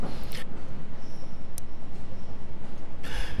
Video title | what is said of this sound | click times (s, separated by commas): Salvaged Tesla Batteries for Off-Grid Power? | Then plug in the balance wire connector. Again, push firmly until it clicks. | 1.6 s